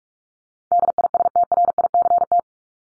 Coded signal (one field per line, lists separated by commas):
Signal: Morse code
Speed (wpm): 44 wpm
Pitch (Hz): 700 Hz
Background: none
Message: DISTRICT